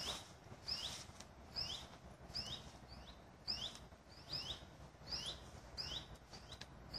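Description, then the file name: Common buzzard young calling with piercing, high, downward-sliding squeaks, usually in twos, repeated at a quick pace over soft background hiss. Juvenile common buzzard calling. "ruf nachwuchs maeusebussard"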